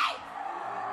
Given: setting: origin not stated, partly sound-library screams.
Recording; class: one-second piece from a danger detection set; woman in danger